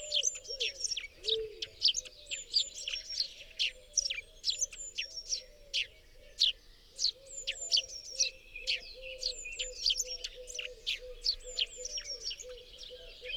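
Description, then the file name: Eurasian blue tit calls: busy high-pitched chattering chirps, some in quick runs, over a faint low wavering tone. "Cyanistes caeruleus"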